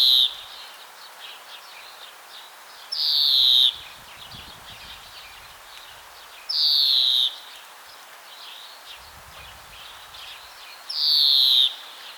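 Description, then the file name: European greenfinch repeating a long, nasal, downward-sliding wheeze about every four seconds, with soft chirps from other birds in between. "Chloris chloris"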